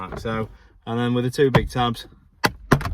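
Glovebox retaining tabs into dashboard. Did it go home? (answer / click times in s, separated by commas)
yes / 2.7 s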